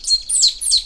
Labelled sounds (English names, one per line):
Stitchbird song